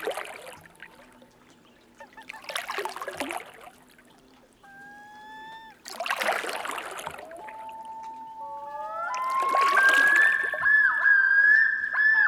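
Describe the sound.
Loon calls after several seconds of water splashes: drawn-out wails rising in steps, then a warbling yodel-like phrase at the end.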